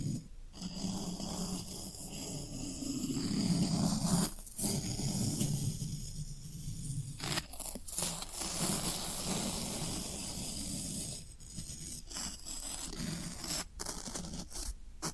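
Floral foam being pressed, rubbed and scraped, giving a dense, crackly, crumbly texture that runs almost the whole time. Sharp bright snaps and crunches cut in at irregular moments, around 4, 7–8, 11–12 and 14 seconds, over a low rough rumble.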